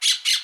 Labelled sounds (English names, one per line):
Brown-throated Parakeet contact call